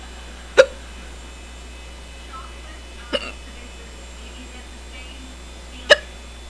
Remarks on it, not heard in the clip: Really hurting my throat. I don't think there's anything I can do to stop these hiccups. I think I just have to let them go until they decide to stop on their own.